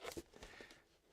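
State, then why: Not seated. A large foam RC plane wing is handled against the fuselage, making crackling, rustling handling noises with louder bursts near the start, a sharper knock around 0.4 s and a brief tick at the very end. Nothing has seated or clicked yet; the wing is not yet latched home.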